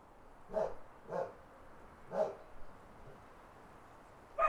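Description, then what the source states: Dog barking, three spaced barks and a sharper one at the end, over low background noise. Country dogs barking.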